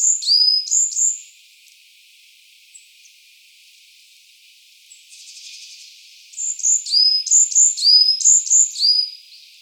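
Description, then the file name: Varied tit singing a short run of high paired notes, a quiet stretch with a soft buzz, then a longer run of the same phrase. Recorded 17 March 2017. "yamagara 170317"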